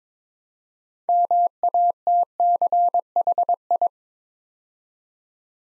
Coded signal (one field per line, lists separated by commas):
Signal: Morse code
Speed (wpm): 22 wpm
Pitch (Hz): 700 Hz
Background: none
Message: MATCHI